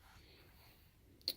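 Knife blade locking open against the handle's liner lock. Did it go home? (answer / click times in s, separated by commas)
yes / 1.3 s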